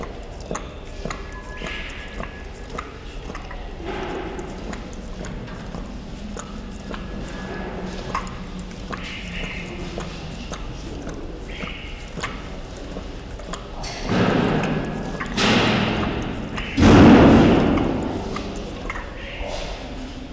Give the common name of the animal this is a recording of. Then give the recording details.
Tiger. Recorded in captivity. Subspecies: altaica. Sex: female. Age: adult. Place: Tierpark Berlin, Berlin, DE. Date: 1974-01-13. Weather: sunny, ca. 5°C. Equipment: Uher 4200 Report Stereo, Sennheiser MD 421, Verstärker. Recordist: Tembrock, Günter